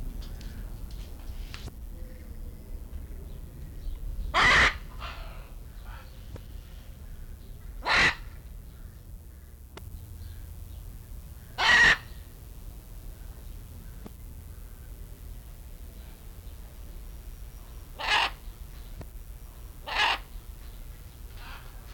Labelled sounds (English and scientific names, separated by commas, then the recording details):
Blue-and-yellow Macaw (Ara ararauna) call
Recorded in captivity
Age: adult
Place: Zoo Berlin, Berlin, DE
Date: 1994-08-06 11:09
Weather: wolkig bis heiter, 20-27°C
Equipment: Marantz CP 430, Sennheiser ME 80, Kopie Uher Variocord 263
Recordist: Tembrock, Günter